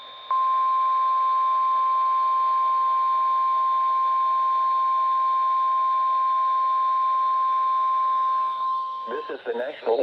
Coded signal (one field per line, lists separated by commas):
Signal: Emergency Alert System (SAME) tones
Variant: 1050 Hz attention tone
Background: speech